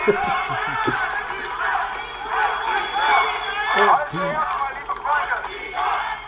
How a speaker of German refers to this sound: Er versucht, den Applaus zu unterbrechen. Liebe Freunde! Ja, aber er kommt nicht zurecht.